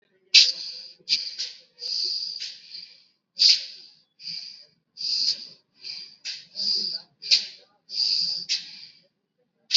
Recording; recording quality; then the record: deep breathing; excellent, no background noise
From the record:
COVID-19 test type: RT-PCR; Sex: male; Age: 19 years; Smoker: no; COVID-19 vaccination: both doses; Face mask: worn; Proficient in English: yes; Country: India